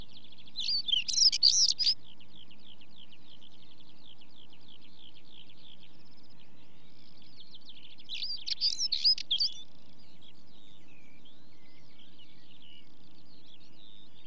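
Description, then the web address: Stonechat song: two brief scratchy warbled phrases several seconds apart, with faint thin high twittering between them. "BBC Sound Effects Library Birds Stonechat, Song With Chaffinch"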